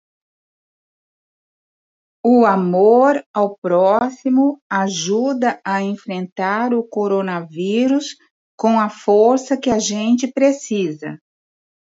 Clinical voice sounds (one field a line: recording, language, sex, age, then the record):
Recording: spoken sentence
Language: Brazilian Portuguese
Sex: female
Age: 60 to 69 years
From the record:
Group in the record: control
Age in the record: 66 years